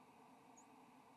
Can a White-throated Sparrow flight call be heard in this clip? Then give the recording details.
no. Another species' flight call is heard. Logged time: 05:02 on 7 November 2014